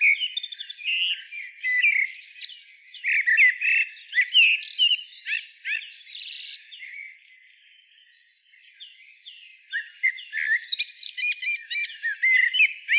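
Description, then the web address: Common blackbird song of dense whistled and twittering notes, a quiet stretch, then another burst of mellow warbles and squeaky flourishes. "SETE data Turdus merula"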